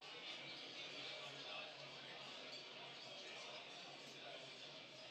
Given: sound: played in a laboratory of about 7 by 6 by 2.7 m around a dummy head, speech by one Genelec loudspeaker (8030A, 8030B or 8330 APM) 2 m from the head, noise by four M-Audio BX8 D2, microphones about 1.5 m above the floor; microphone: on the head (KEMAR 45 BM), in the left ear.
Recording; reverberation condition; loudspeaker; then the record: cafeteria noise; medium; four, about 170 cm from the corners of the room and facing them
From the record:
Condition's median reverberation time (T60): about 510 ms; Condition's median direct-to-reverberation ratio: about -0.5 dB